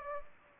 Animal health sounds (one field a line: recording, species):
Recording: mosquito wingbeat signal from an infrared sensor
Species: Anopheles gambiae